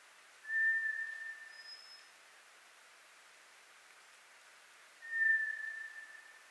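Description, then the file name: White's thrush song of two long, even, low whistles about four and a half seconds apart, and a faint, higher thin note between them, over quiet hiss. Recorded on 24 April 2010; Japanese name toratugumi. "toratugumi-20100424"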